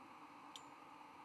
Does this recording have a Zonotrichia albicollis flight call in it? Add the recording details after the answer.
no. No flight call is heard. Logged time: 02:26 on 17 November 2014